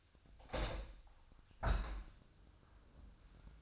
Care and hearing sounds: daily activity, microphone in the room; open window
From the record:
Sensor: 2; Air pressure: 1004.5 hPa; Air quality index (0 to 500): 76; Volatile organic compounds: 1 ppm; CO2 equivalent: 890 ppm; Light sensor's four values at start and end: 6/13/5/5 and 6/13/5/5

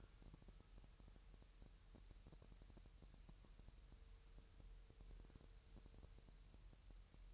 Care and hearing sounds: daily activity, microphone in the room; wipe stove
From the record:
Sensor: 2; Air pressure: 1000.9 hPa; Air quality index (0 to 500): 250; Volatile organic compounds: 100 ppm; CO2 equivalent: 3753 ppm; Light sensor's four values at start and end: 10/25/10/11 and 10/25/10/11

